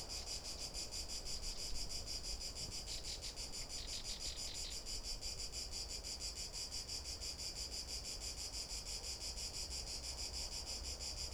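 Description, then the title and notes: Cicada song, a pulsed high buzz throughout, while a bird gives short notes around the third to fifth second; low rumble behind. Cicada recorded from boardwalks around the lake at the Albufera de Valencia, Spain, on an afternoon walk; Zoom H1n recorder. "Unnamed Road, 46012, 46012 Valencia, España - Paseo por la Albufera. Una tarde de paseo por la Albufera de Valencia. Paseamos alrededor del lago, en este caso por unas pasarelas en donde nos paramos para grabar a una Chicharra [Cicadidae]"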